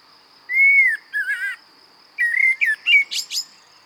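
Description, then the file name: Common blackbird song, a rich, slurred whistle followed by wavering fluted notes, then a second warbled phrase ending in thin, high squeaks, over a steady high tone. "Turdus merula"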